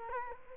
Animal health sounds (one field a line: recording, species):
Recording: mosquito wingbeat signal from an infrared sensor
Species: Culex quinquefasciatus